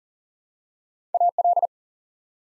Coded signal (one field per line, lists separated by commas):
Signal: Morse code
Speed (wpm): 40 wpm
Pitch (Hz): 700 Hz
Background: none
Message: AL